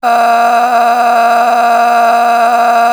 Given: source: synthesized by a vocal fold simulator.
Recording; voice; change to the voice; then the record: sustained vowel; female; a random mix of aspiration noise, stiffness perturbation and strain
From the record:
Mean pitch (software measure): 236 Hz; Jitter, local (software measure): 1.92%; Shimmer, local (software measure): 12.1%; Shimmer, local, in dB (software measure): 1.08 dB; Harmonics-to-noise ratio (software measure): 11.7 dB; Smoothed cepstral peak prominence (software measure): 11.9 dB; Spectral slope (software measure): -17.7 dB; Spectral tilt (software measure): -8.8 dB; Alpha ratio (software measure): -8.2 dB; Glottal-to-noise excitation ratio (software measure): 0.781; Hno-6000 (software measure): 1.8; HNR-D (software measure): 32.5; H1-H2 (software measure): -2.0 dB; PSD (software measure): 1.0e-04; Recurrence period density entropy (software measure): 0.126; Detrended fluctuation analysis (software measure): 0.0121